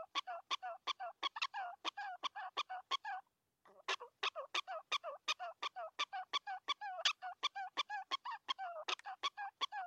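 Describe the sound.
Prairie dog yips, quick barking chirps at almost three per second, a short silence around three and a half seconds, then the series resumes.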